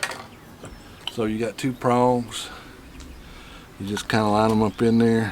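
A two-prong bi-pin bulb is handled and lined up with its socket in a landscape spotlight while someone talks, with brief handling taps near 0.0 and 1.1 seconds. Nothing has seated or clicked into the socket yet.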